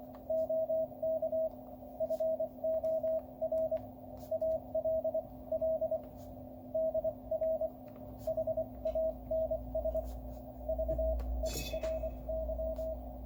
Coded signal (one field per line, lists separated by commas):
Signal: Morse code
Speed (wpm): 24 wpm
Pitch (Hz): 640 Hz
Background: radio noise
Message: OK FOR ALL DR HANS VERY